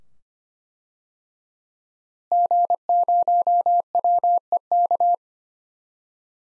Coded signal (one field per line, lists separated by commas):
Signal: Morse code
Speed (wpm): 25 wpm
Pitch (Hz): 700 Hz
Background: none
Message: G0WEK